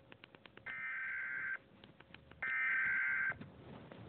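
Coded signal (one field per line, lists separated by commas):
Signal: Emergency Alert System (SAME) tones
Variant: header bursts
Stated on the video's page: Fictional EAS scenario made with an EAS simulator.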